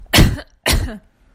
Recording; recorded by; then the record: voluntary cough; messaging app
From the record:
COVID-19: negative